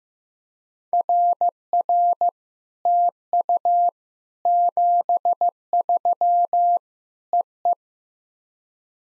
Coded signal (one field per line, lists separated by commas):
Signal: Morse code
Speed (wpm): 15 wpm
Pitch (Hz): 700 Hz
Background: none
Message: RR TU 73 EE